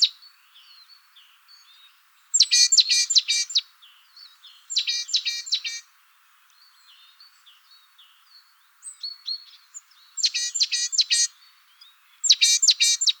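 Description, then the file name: Great tit calls: clustered bursts of several buzzy chattering notes, separated by softer twittering and short pauses. "Parus major"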